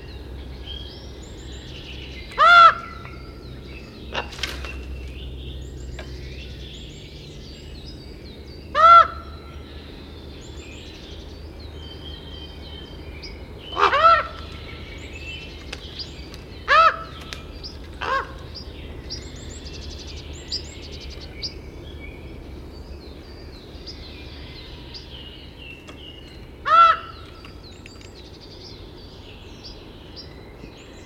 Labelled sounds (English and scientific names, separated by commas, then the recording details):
Common Raven (Corvus corax) call
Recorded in captivity
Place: Serrahn, Mecklenburg-Vorpommern, DE
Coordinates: 53.344, 13.204
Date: 1978-08-04 06:45
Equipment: Nagra III BH, Sennheiser MD 21, parabola
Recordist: Schubert, Michael